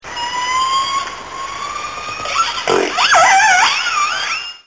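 Orca calls: a long, slowly rising harmonic whistle, then a brief low burst and rapid wavering, looping high whistles near the end.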